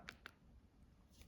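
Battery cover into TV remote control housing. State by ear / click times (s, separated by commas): not seated / none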